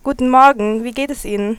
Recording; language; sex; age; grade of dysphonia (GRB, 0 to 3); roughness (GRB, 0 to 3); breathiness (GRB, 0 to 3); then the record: spoken sentence; German; female; 20 to 29 years; 0; 0; 0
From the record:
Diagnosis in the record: healthy voice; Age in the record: 23 years